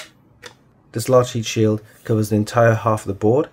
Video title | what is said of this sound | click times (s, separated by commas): Gigabyte X870 AORUS STEALTH ICE - Fantastic Looking Reverse-connector Motherboard | To put the heatsink back on, you just line it up and you slot it in with a nice click. | 0.5 s